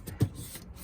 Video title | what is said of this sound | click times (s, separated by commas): 2007 Yukon, Clock-spring replacement with airbag and steering wheel removal and replacement | and it just locks into place. | 0.2 s